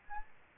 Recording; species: mosquito wingbeat signal from an infrared sensor; Aedes albopictus